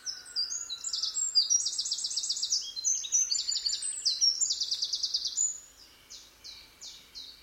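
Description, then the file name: Eurasian wren singing a fast, energetic run of high trills and chattering rattles for about five seconds, followed by quieter scattered high notes. "Troglodytes troglodytes"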